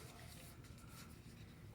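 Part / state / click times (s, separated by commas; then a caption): flight battery into quadcopter drone body / not seated / none. A heavy plastic flight battery is handled at the battery bay of a Mavic Pro 2 quadcopter drone body, ready to be pushed in. Only a steady low rumble and soft rubbing handling noise are heard, with no sharp sound. Nothing has seated or clicked yet.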